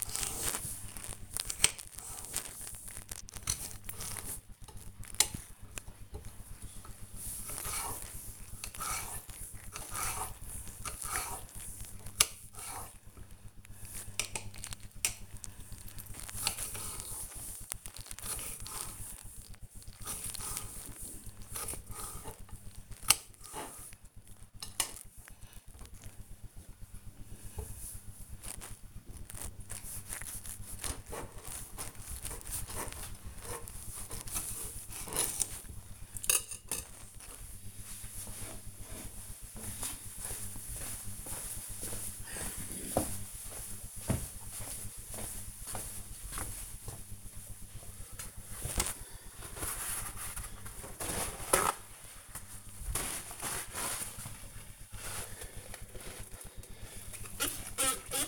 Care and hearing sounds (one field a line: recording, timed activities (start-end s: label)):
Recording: household activities, microphone on the right wrist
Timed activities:
0.00-36.39 s: cutting vegetables
46.43-58.28 s: window cleaning